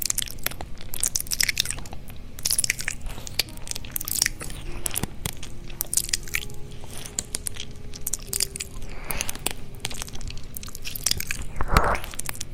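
A kitty licks an ear in a dense, continuous run of wet, crackly clicks and smacks that fill all thirteen seconds without pause. A faint low tone hums steadily underneath, and a louder, rougher burst stands out near the twelfth second.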